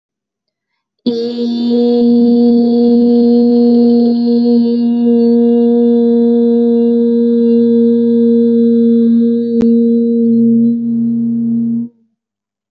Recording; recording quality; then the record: sustained vowel as in beet; moderate, slight background noise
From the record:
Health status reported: healthy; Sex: female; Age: 22 years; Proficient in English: yes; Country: India